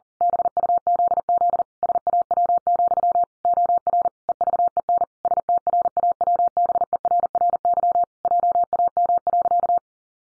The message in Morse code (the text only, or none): BUZZ SAW, OR EVEN STRAWBERRY JAM.